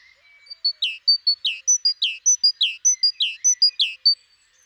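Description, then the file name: Great tit call series, sharp high whistles alternating with lower down-slurred notes, quick and regular, ending abruptly. "Parus major"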